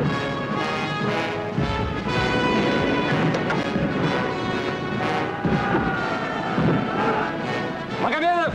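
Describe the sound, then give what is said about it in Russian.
An artillery shell fires and explodes in a heavy, rumbling boom as it lands by a German artillery gun, with sharp blasts and crashes layered over a dense, sustained tonal backdrop that stays loud throughout. “Снаряд падает у пушки артиллерии немцев.”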